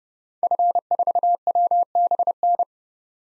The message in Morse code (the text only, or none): F4WBN